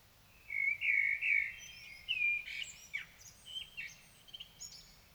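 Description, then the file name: Common blackbird singing a mellow, fluted warble of several notes, ending in a run of high, thin, scratchy twittering. "Turdus merula"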